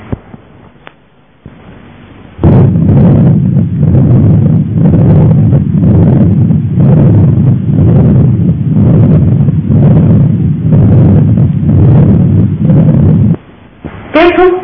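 A low, rumbling murmur heard through a stethoscope runs without a break for about eleven seconds through both systole and diastole, swelling and easing with each beat and growing louder in diastole. It is a continuous murmur, a sign of abnormal flow between high- and low-pressure channels such as a fistula.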